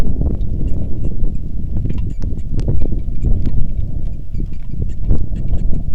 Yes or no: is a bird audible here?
no